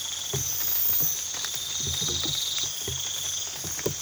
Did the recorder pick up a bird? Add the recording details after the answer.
no. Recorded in pastures near Puerto Asís, Putumayo, Colombia, on 8 March 2025 at 04:30. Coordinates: 0.487, -76.322. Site G077